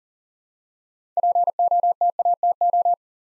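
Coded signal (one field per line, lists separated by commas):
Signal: Morse code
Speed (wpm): 42 wpm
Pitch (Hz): 700 Hz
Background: none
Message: POTATO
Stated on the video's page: Morse practice drill at 40 wpm building 6-letter words three letters at a time, for instant character recognition.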